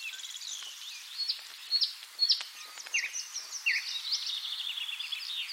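Thrush nightingale song, a varied run of high whistles, sharp chirps and quick rattling trills with abrupt changes of pitch.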